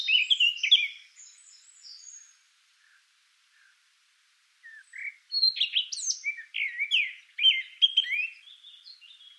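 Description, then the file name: Eurasian blackcap: a loud opening burst, soft scattered twitters and a pause, then a renewed quick warble of bright notes. "Sylvia atricapilla"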